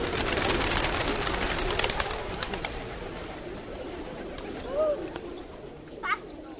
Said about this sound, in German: In unmittelbarer Nähe des Zentralheiligtums ein schattiger Platz. Hunderte, Tausende von Tauben.